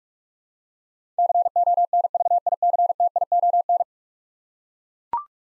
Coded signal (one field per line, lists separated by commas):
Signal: Morse code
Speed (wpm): 41 wpm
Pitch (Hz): 700 Hz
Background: none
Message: CONVICTION